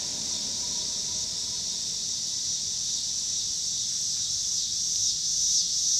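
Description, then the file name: Cicadas buzzing in a constant high hiss that swells slightly louder near the end, over faint low road noise. Pittsburgh, Pennsylvania, 26 August 2023; recorded alongside passing cars. "2023-08-26 cicadas and cars Pittsburgh PA"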